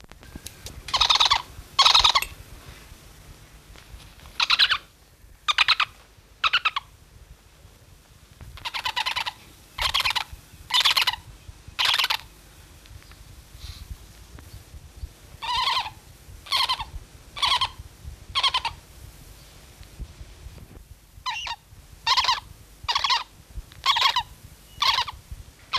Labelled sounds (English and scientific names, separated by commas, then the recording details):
Spectacled Owl (Pulsatrix perspicillata) call
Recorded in captivity
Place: Zoo Hannover, Niedersachsen, DE
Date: 1974-02-26
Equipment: Halbspur, 9,5 cm/s
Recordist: Lütgens, Hans